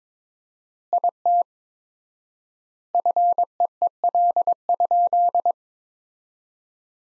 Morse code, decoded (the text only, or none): IT FEEL?